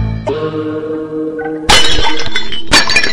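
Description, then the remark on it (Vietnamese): An empty glass beer bottle, dropped in panic, hits the floor and shatters in a loud, bright crash, followed by a second burst of breaking glass and tinkling shards, after a steady tonal hum. “Lâm Mang hoảng loạn, làm vỏ chai bia rơi xuống đất vỡ tan.”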